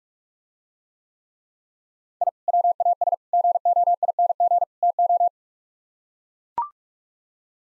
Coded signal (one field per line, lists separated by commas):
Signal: Morse code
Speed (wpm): 44 wpm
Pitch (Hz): 700 Hz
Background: none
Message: I WAS GOING TO